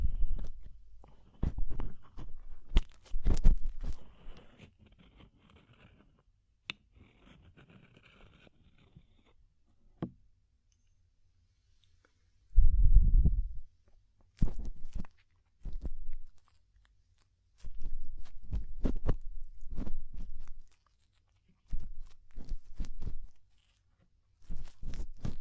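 Deep ear cleaning with dense bursts of crackling, crunching clicks and low rumbling scrapes, arriving in clusters with short silent gaps. A thick low thud swells around thirteen seconds, and a faint hiss drifts between seven and nine seconds.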